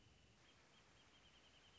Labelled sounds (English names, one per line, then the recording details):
Wrentit
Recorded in Sonoma County, California